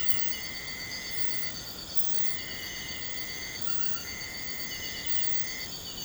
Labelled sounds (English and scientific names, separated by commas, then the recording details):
none
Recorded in pastures near Puerto Asís, Putumayo, Colombia, on 21 March 2025 at 01:00
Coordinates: 0.472, -76.329
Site G074